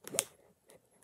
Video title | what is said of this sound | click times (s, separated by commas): Unlocking a diary without the keys | you hear that click | 0.2 s